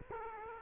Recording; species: mosquito wingbeat signal from an infrared sensor; Culex quinquefasciatus